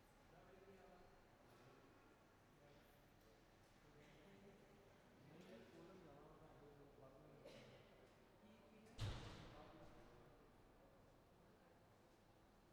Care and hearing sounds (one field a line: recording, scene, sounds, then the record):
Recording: everyday scene through a hearing-aid microphone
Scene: reverberant space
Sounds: background noise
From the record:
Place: railway station hall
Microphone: behind the ear, right, front